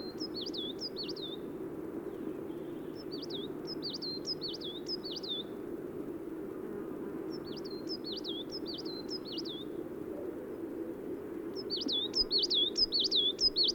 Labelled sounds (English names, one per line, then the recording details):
Coal Tit song
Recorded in the wild
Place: Irkutsk, RU
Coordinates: 52.252, 104.546
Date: 1979-06-11
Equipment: Nagra III BH, Sennheiser MD 21, parabola
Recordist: Schubert, Michael
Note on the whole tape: Gesang Tannenmeise